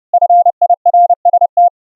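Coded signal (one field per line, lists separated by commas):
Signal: Morse code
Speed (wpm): 30 wpm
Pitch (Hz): 700 Hz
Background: none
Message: FIRST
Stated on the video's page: Morse audio tones sent over the internet via a webRTC website, heard unfiltered and with CW regeneration filtering.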